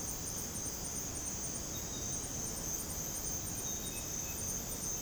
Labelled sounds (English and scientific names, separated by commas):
none